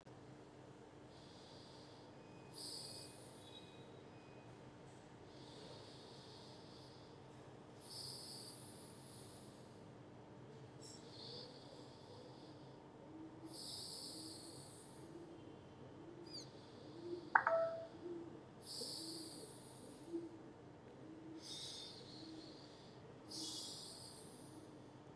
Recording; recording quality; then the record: deep breathing; excellent, no background noise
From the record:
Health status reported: COVID-19 positive, mild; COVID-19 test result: positive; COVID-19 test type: RT-PCR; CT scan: not taken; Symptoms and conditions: cough, cold, fever, fatigue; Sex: male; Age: 32 years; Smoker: no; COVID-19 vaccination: both doses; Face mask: not worn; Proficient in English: yes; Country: India